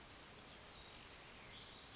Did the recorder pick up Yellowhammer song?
no